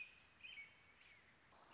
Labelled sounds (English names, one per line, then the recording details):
American Robin
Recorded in Sonoma County, California